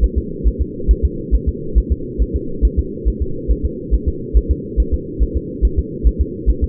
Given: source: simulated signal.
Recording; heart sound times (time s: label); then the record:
fetal heart sounds
0.04 s: S1
0.18 s: S2
0.47 s: S1
0.62 s: S2
0.91 s: S1
1.05 s: S2
1.34 s: S1
1.49 s: S2
1.78 s: S1
1.92 s: S2
2.22 s: S1
2.36 s: S2
2.65 s: S1
2.79 s: S2
3.08 s: S1
3.22 s: S2
3.51 s: S1
3.65 s: S2
3.94 s: S1
4.08 s: S2
4.37 s: S1
4.51 s: S2
4.80 s: S1
4.94 s: S2
5.22 s: S1
5.37 s: S2
5.65 s: S1
5.79 s: S2
6.07 s: S1
6.21 s: S2
6.50 s: S1
6.64 s: S2
From the record:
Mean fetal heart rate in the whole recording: 140 bpm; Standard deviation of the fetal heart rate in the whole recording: 2 bpm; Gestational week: 34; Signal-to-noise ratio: -4.3 dB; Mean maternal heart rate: 72 bpm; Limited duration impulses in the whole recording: absent